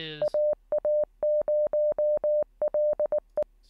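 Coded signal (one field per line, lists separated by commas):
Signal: Morse code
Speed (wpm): 19 wpm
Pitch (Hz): 590 Hz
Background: speech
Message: AA0LE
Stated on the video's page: Live-streamed daily Morse code (CW) learning practice session.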